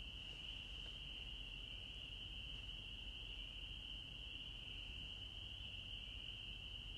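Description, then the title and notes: Crickets keep up a level, shrill trill across the whole stretch, with low muffled background noise beneath. Forest at night in Holliston, Massachusetts, USA, 6 April, 21:40; recorded during COVID-19. "Historias Sonoras Del COVID 19 La Rana Y El Insecto, Holliston, Massachusetts. EEUU. 6 de Abril 21:40 h. Holliston, Massachusetts. EEUU. Los únicos ruidos eran los grillos y las ranas"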